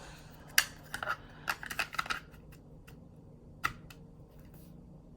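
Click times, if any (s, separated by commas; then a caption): none. A handgun is pushed into a molded QVO Tactical Wingman 2.0 holster, producing short handling and contact knocks, loudest near 0.6 s, a cluster between 1.0 and 2.1 s, and one more at 3.7 s. None of these is the expected retention pop, and the gun cannot be felt to seat, so nothing has seated or clicked yet.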